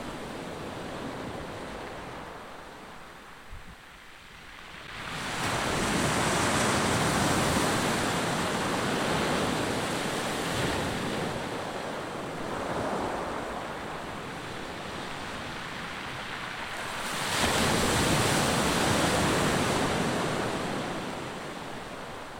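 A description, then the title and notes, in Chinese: Waves rolling in, a steady wash of surf that swells and recedes. It starts fairly quiet, then a big wave surges in around five seconds and roars on, easing slightly before another strong crash near seventeen seconds. A faint wind rush sits underneath. 5分鐘的浪聲。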